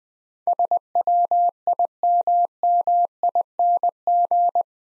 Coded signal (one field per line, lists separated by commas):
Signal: Morse code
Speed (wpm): 20 wpm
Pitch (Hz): 700 Hz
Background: none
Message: SWIMMING